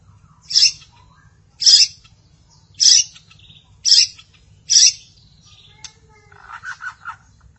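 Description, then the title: Magpie-robins and shamas giving five harsh, raspy bursts about once a second, then a few softer mid-pitched warbled notes. "Suara Burung Murai"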